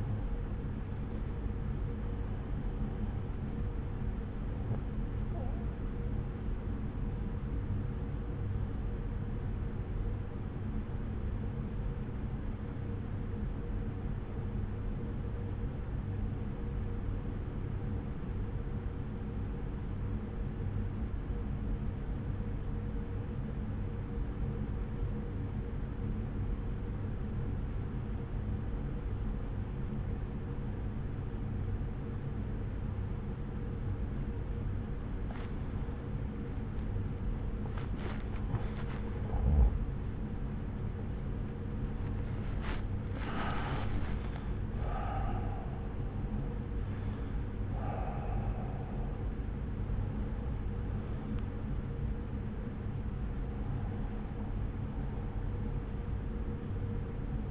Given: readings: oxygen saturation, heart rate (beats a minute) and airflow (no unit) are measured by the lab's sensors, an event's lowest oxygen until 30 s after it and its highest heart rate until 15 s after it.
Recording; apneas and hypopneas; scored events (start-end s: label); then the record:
breathing in sleep by a smartphone at the bedside; 1
11.00-34.60 s: obstructive apnea (N1, oxygen 95% highest, then 89% lowest)
From the record:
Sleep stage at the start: N1 (lightest sleep); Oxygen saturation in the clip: 86 to 95%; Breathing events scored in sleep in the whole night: 303 in 8.1 hours asleep